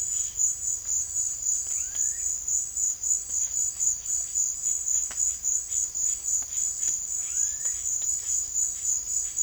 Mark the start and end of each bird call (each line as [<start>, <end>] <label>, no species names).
[1.68, 2.34] bird call
[7.21, 7.82] bird call